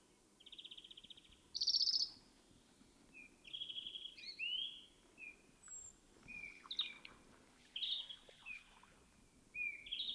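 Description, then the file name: European greenfinch giving rapid buzzy trills and scattered twittering chirps and rising notes in an uneven sequence, with faint background noise. "Chloris chloris"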